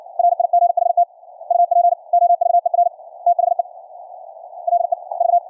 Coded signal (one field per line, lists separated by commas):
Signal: Morse code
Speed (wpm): 60 wpm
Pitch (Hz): 700 Hz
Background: none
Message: RIGHT UP OVER THE LEV